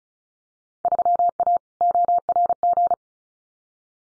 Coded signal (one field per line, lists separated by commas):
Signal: Morse code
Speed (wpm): 34 wpm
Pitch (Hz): 700 Hz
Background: none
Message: 3A ORG